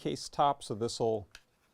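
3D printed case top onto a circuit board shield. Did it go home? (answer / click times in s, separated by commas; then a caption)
no / none. A 3D printed plastic case top is being handled over a circuit board shield as someone talks, with a faint tick near 1.7 s. The case top is meant to press-fit and click on, held by a 1 mm overhang. A design error keeps it from fully clicking into place, and nothing has seated or clicked yet.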